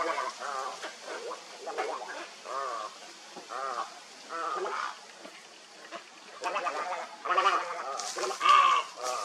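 Heron calls, many harsh nasal chattering and croaking calls overlapping in bursts, growing louder and busier toward the end.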